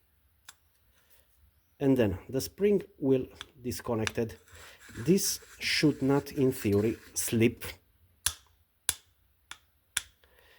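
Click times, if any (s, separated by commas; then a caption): 8.9 s, 10.0 s. Someone talks while working the clutch of a marine autopilot linear actuator (Raymarine Type 2) by hand during a teardown, bringing its two clutch faces together. Sharp clicks follow at 8.9 s and 10.0 s as the clutch faces engage and seat, with a few fainter clicks around them.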